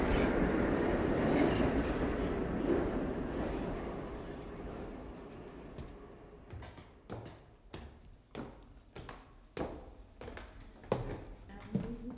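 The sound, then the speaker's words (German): A loud, dense rumble as two trains get underway at the same time in opposite directions, then thins into a steady clickety-clack of wheels over rail joints, the sharp knocks coming at a regular rhythm with no voices. “Dann nahmen beide Züge gleichzeitig in entgegengesetzte Richtungen Fahrt auf.”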